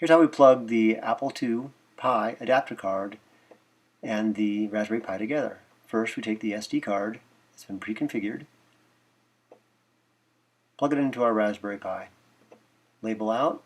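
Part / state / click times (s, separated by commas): microSD card into a single-board computer's card slot / not seated / none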